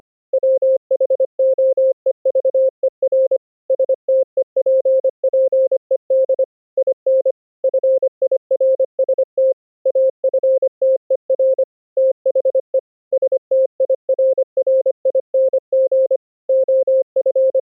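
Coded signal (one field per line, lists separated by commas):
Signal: Morse code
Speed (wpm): 25 wpm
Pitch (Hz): 530 Hz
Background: none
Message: WHOEVER STEPPED IN FIRST AFTER THE STIRRING OF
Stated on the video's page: Morse code sent over the internet with the Opus codec in a full-duplex two-way GStreamer pipeline, testing for audio glitches across routers.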